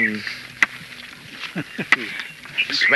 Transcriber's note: chuckles